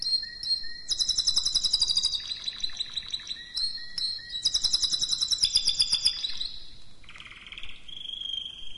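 Canary song alternating rapid high trills with short pauses, ending in a lower buzzy rattle and a held whistle.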